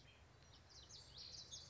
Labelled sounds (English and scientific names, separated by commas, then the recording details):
Common Yellowthroat (Geothlypis trichas)
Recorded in Sonoma County, California